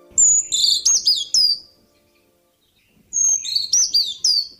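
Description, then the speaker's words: Brown Creeper singing two very high, thin phrases of sliding, tinkling notes about three seconds apart, each phrase a quick run of piercing descending whistles. High-pitched, piercing songs and calls that often reveal the camouflaged bird's location. "Sometimes it's easier to find this bird by sound than by sight when it reveals its camouflaged location with its high-pitched, piercing songs and calls."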